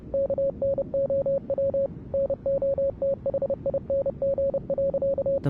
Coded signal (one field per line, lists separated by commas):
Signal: Morse code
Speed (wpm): 30 wpm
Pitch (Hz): 550 Hz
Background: radio noise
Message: KNOW NOTHING.